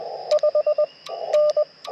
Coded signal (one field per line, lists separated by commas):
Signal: Morse code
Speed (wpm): 20 wpm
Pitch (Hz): 600 Hz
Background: radio noise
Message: 5 N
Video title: POTA with Chameleon MPAS Lite & Yaesu FT-891 - 6/12/23 @ K-3684